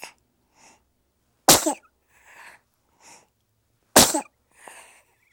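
Two sharp, explosive sneezes about two and a half seconds apart from a 12-week-old baby boy weighing 6.1 kg. Soft, quick breaths and small sniffly intakes come before and after each one. Ordinary, harmless infant sneezing, a sound effect.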